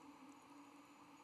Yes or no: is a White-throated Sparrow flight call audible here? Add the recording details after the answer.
no. No flight call is heard. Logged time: 06:35 on 12 November 2014